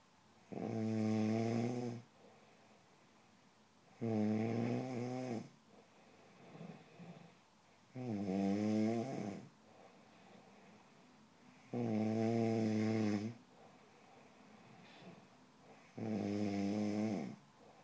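Snoring from an adult sleeper.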